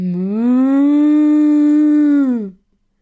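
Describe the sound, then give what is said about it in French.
A person imitates a cow with one long, steady, low moo that holds its pitch for over two seconds, then drops off and fades into silence. “Le vétérinaire enfile son plus long gant en latex, plonge la main loin, loin, loin, loin, loin, loin, loin, loin, loin, loin, loin, loin à l'intérieur de Georges et en retire une vache.”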